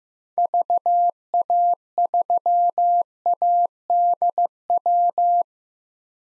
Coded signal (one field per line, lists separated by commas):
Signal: Morse code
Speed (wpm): 15 wpm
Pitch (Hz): 700 Hz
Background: none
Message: VA3ADW